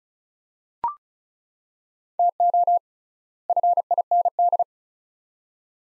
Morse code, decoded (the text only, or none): TO FIND